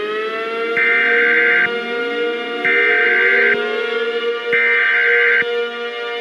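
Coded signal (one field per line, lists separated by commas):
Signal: Emergency Alert System (SAME) tones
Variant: header bursts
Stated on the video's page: Mock solar-storm-themed EAS scenario, not real.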